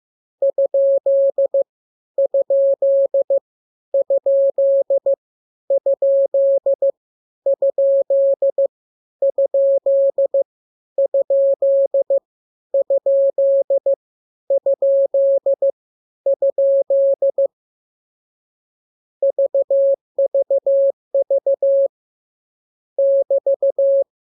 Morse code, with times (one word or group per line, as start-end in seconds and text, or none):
0.4-1.6 ?
2.2-3.4 ?
3.9-5.1 ?
5.7-6.9 ?
7.5-8.7 ?
9.2-10.4 ?
11.0-12.2 ?
12.7-13.9 ?
14.5-15.7 ?
16.3-17.5 ?
19.2-21.9 VVV
23.0-24.0 <BT>